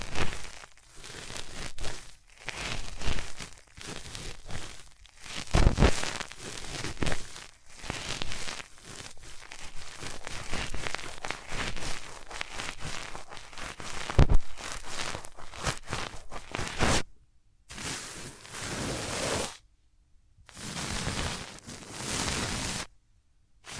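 Hands rub over the ears with dense, scratchy rustling that swells and fades in uneven strokes roughly every second. The texture is bright and crackly throughout. Near the end the rubbing turns into separate bursts split by short stretches of silence.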